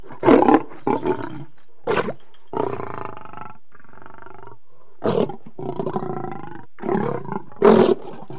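Lion growling in a series of rough bursts of varying length, with short pauses between them. Some bursts are tonal and drawn out.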